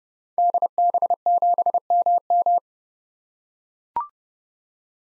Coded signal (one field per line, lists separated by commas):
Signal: Morse code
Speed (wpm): 32 wpm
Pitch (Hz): 700 Hz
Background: none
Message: DB7MM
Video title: 2023 SOTA Activator Call Signs - 30wpm